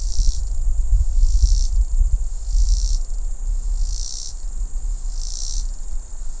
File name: Robinsons Cicada